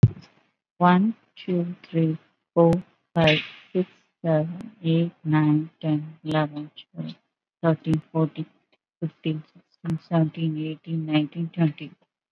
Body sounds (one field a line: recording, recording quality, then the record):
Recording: counting at a normal pace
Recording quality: excellent, no background noise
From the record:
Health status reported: COVID-19 positive, mild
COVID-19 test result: positive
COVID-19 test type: RT-PCR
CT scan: not taken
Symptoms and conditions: hypertension, diabetes, another condition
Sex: female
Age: 44 years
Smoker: no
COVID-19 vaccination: none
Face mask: worn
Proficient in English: yes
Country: India